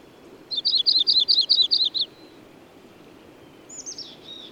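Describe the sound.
Bird song: a loud, brisk run of high chirps, then near the end a quieter, descending phrase.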